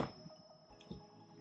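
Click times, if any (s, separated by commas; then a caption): none. A tablet, an iPad Pro, is handled over the magnetic mount of a Magic Keyboard case, giving soft, low scuffing and rubbing sounds with a brief light bump around 0.8 s. Nothing has seated or clicked yet, and the clip ends just before the tablet goes home on the magnets.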